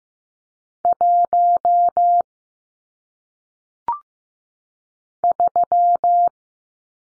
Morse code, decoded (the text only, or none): 1 3